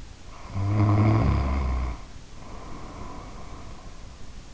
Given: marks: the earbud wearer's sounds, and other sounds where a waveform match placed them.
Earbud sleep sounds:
sounds in sleep by an in-ear microphone; snoring breath
0.33-3.69 s: snoring breath

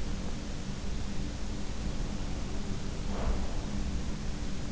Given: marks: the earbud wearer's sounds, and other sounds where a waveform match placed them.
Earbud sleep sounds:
sounds in sleep by an in-ear microphone; breath
1.44-3.99 s: breath

